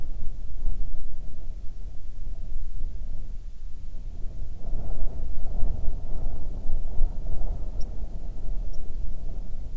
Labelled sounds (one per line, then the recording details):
songbird
wind
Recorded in the Prudhoe Bay oil fields, Alaska, on 9 June 2019 at 16:36
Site 21